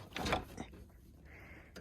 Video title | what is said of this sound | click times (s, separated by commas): How to Test Your Engine's Compression at home! | You can see it just snaps in place. | 0.2 s, 0.3 s